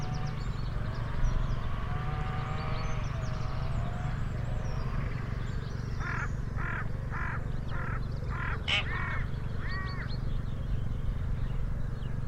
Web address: cianscape birddata Deverinetal 2025 File origin Bird Only More Classes Pi Pi Pi Pi